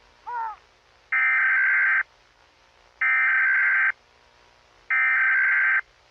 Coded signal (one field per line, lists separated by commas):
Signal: Emergency Alert System (SAME) tones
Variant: header bursts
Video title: EAS - D*** thief entity